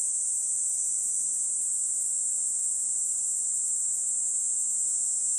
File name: Platypleura kaempferi